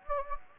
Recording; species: mosquito wingbeat signal from an infrared sensor; Anopheles gambiae